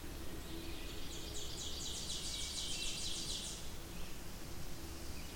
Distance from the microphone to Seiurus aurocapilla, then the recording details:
about 115 m. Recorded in boreal forest in Alberta, Canada, on 28 May 2016 at 06:14. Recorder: SongMeter 3, array SBT-3-49. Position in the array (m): 88 m, 181 m. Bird 15